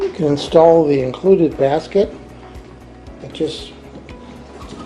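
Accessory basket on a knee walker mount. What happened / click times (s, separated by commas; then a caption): Handled, not yet home: the basket is being fitted but has not locked onto its mount / none. Someone talks while handling the included accessory basket for a KneeRover KC-06 steerable knee walker with tie-rod steering, bringing it toward its mount on the scooter. The clip ends before the basket drops onto the mount and locks, so nothing has seated or clicked yet. Faint background sounds follow the speech.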